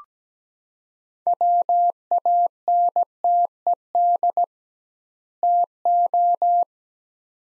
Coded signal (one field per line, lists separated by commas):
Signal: Morse code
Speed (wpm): 17 wpm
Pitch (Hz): 700 Hz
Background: none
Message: WANTED TO